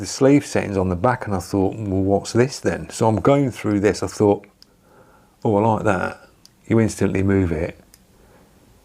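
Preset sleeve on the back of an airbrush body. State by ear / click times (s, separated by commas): seated / 7.9 s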